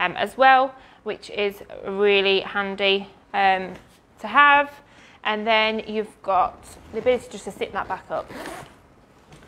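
Someone talks while handling the rear panel on a pushchair seat or carrycot, sliding it back up, with soft rustling handling sounds toward the end. Nothing has seated or clicked into place yet.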